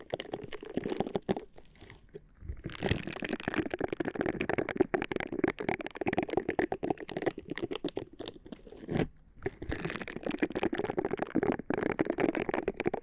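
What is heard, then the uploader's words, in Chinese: Gloves rub and crinkle in dense, uneven bursts of crackling and scrunching that run almost without pause. The rubbing is fuller and louder from about three seconds on, with brief quiet gaps near two and nine seconds. 多種手套的摩擦觸發音。NO Talking。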